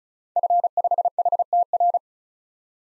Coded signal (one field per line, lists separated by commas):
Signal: Morse code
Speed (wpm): 36 wpm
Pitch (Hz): 700 Hz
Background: none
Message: F5HTR